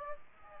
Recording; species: mosquito wingbeat signal from an infrared sensor; Aedes aegypti